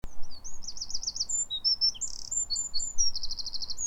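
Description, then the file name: Eurasian wren singing: very high, rapid trills and sharp chattering notes in quick succession, over a low rumbling background noise. "Troglodytes troglodytes"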